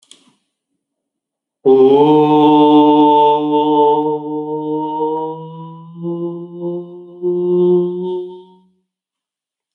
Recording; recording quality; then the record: sustained vowel as in boot; excellent, no background noise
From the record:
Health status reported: healthy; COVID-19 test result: negative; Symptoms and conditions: none ticked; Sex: male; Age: 47 years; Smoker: not ticked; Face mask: not worn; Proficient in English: yes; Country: India